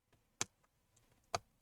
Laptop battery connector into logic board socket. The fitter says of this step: you slide it to the right push it all the way in and you can hear the click on it